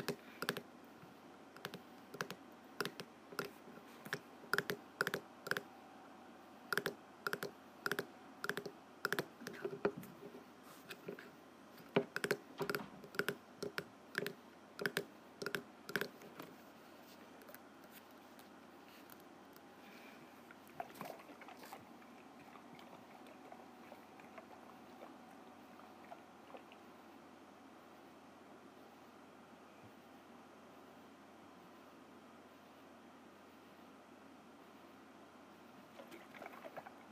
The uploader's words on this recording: ASMR Snow Globe Shaking.